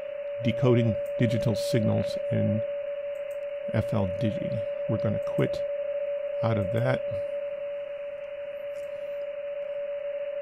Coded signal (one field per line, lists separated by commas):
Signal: PSK31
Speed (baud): 31.25 baud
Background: speech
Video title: Skywave Linux v4.4.0-GNOME | Shortwave Radio in Your PC | WebSDR and KiwiSDR Radio Streaming